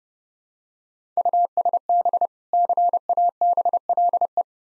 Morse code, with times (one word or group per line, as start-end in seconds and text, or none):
1.2-2.3 USB
2.5-4.4 CABLE